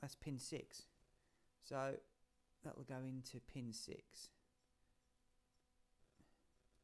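Someone talks while a crimped indicator terminal is handled and lined up with pin six of the plastic plug on a Mazda MX-5 automotive wiring loom connector being fitted to an MK Indy RX-5 kit car. After about 4.3 s the talking stops and only faint handling noises follow. The terminal has not yet been pushed in, and nothing has seated or clicked.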